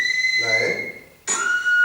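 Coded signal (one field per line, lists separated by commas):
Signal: whistled language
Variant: Silbo Gomero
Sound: two sustained whistled vowels: a high tone, then a lower tone after a pause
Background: brief background voice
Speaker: eh de unas vocales silvadas por un amigo silvador que se llama Miguel Rodríguez Hernández, que lo vamos a escuchar ahora mismo.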